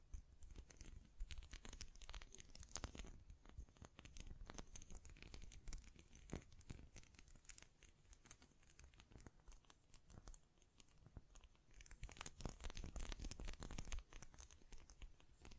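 Dense scratching and brushing against a microphone, with quick taps and crinkly, tearing-like rustles running almost without pause. The texture is busy and bright, with low thumps underneath, growing thicker around 2–3 seconds and again from about 12 to 14 seconds.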